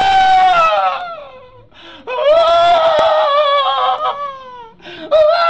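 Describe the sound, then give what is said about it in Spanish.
A voice imitates people screaming in a church during prayer, with long, high, wavering wails: a sustained cry, a brief dip, then a longer rising scream and a short final burst. Loud and without any spoken words. “Que porque el Espíritu Santo había caído ahí y que la gente empezó a gritar y cómo era”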